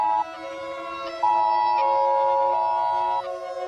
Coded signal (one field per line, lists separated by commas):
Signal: Emergency Alert System (SAME) tones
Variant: 853 and 960 Hz attention tone